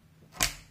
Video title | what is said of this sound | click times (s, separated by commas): ILIFE W90 : un vrai concurrent du Dyson V15S à seulement 100 € ? | On entend un petit cliptit de bonne fixation. | 0.4 s